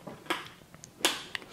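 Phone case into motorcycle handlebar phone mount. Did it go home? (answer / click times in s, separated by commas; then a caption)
yes / 1.1 s. A Galaxy Note 20 Ultra in a Quad Lock case is pushed down onto a Quad Lock handlebar phone mount on a 2020 Street Twin motorcycle. A sharp click at 0.3 s is followed by a louder snap at 1.1 s as the case seats in the mount, with a smaller tick near 1.4 s. The phone is seated and snapped in place.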